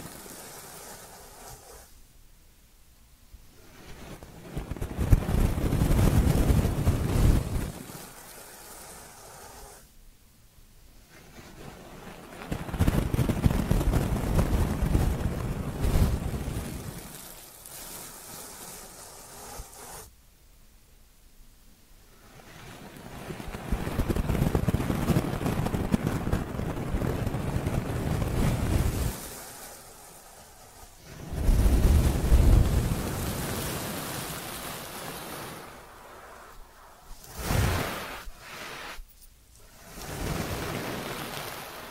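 Ear cleaning triggers: repeated bursts of dense rubbing and rustling that swell and fade, each lasting a few seconds, near 5, 12, 22, 32 and 40 seconds. Short quiet gaps separate them, and several quick scraping strokes cluster toward the end.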